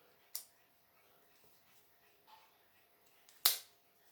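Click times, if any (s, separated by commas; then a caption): 0.4 s, 3.5 s. The strong spring-loaded clip on the head of an unused 1950s Ever Ready safety razor is snapped shut over the blade, giving a sharp click at 0.3 s. A faint tick comes just before a louder, brighter snap at 3.5 s. The clip closes and seats securely over the blade.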